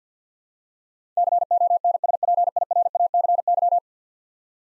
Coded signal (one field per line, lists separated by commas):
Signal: Morse code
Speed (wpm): 50 wpm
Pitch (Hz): 700 Hz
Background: none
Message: CONSPIRACY